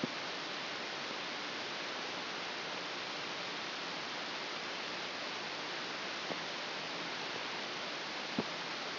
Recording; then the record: brain microelectrode recording played as sound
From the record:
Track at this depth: inside the subthalamic nucleus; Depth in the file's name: 4.121 mm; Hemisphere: left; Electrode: 2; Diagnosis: Parkinson's disease